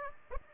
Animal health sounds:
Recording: mosquito wingbeat signal from an infrared sensor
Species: Aedes aegypti

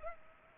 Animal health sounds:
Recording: mosquito wingbeat signal from an infrared sensor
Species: Culex pipiens

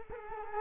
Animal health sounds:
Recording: mosquito wingbeat signal from an infrared sensor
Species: Culex quinquefasciatus

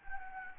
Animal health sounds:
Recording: mosquito wingbeat signal from an infrared sensor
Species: Anopheles gambiae

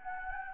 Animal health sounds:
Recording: mosquito wingbeat signal from an infrared sensor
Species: Anopheles gambiae

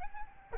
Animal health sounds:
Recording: mosquito wingbeat signal from an infrared sensor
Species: Aedes albopictus

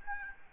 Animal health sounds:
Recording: mosquito wingbeat signal from an infrared sensor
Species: Aedes albopictus

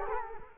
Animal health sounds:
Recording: mosquito wingbeat signal from an infrared sensor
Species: Culex quinquefasciatus

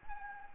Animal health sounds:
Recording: mosquito wingbeat signal from an infrared sensor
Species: Anopheles gambiae

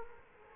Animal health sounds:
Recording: mosquito wingbeat signal from an infrared sensor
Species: Culex quinquefasciatus

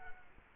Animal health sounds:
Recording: mosquito wingbeat signal from an infrared sensor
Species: Culex quinquefasciatus

